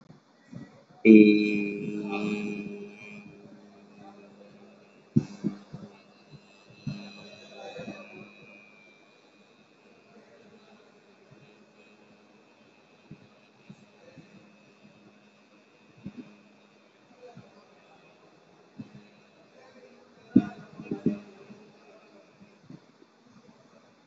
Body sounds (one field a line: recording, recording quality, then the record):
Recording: sustained vowel as in beet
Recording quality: excellent, no background noise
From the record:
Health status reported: COVID-19 positive, mild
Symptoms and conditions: loss of smell and taste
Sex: male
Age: 22 years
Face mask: worn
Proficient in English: yes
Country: India